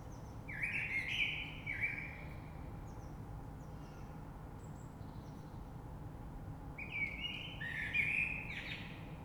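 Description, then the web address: Common blackbird song in two short fluty, warbling bursts roughly six seconds apart, with squeaky high flourishes and a low background drone. Recorded 3 March 2020. "oiseaux Rush Merle 3-3-2020"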